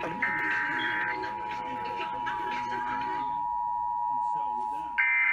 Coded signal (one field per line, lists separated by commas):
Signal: Emergency Alert System (SAME) tones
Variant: 853 and 960 Hz attention tone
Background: speech, music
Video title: San Diego Required Monthly Tests (EAS #2725-2740) 10/7/20